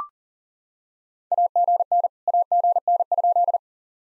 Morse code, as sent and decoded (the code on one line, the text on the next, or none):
.- --. -. / .- --. -. ..--..
AGN AGN?